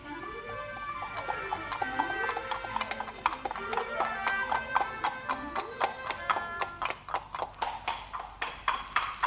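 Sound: horse hooves clip-clopping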